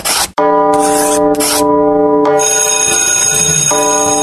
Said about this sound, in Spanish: Ya tocó la campana.